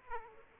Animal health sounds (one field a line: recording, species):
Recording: mosquito wingbeat signal from an infrared sensor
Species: Aedes aegypti